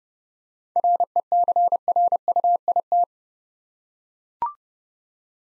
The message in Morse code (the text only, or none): RECRUIT